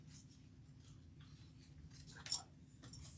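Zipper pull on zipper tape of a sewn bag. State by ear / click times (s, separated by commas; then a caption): partly seated / 2.3 s. A zipper pull, or slider, is fitted onto the zipper tape of a sewn travel bag over a steady low hum, with a faint tick at about 0.8 s. A sharp double click follows at about 2.3 s (2.3 s and 2.3 s) as it seems to seat. The pull then falls off, so it was not fully home.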